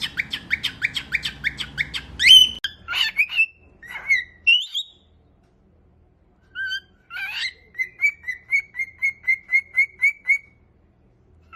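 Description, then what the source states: Cockatiel calls: a fast run of harsh chattering notes, a few squawks, then a steady row of short, even whistled notes. Several cockatiels singing, whistling.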